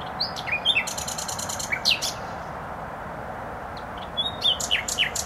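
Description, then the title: Nightingale singing bursts of buzzy rattles and sharp down-slurred whistles separated by pauses, over constant low traffic rumble. Singing in bushes close to a noisy motorway, Trasa Toruńska, Bródno-Podgrodzie, Warsaw, Poland; recorded on an Olympus LS-11. "Bródno-Podgrodzie, Warszawa, Polska - Trasa Toruńska Nightingale"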